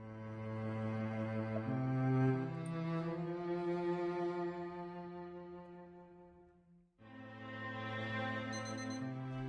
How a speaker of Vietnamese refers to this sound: Tiếng chuông báo thức từ chiếc đồng hồ nhỏ đặt trên bàn reo vang, báo hiệu một ngày mới đã tới.